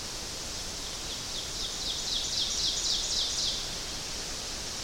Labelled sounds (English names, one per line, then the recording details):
Ovenbird song
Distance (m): 50 m
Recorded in boreal forest in Alberta, Canada, on 12 June 2016 at 07:21
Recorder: SongMeter 3, array SBT-3-18
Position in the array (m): 239 m, 84 m
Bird 31